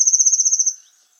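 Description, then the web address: Bird call, a very high, fast pulsed trill of about a dozen beats, ending abruptly with a faint chirp after. "cianscape birddata Deverinetal 2025 File origin Bird Only"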